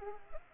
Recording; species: mosquito wingbeat signal from an infrared sensor; Culex pipiens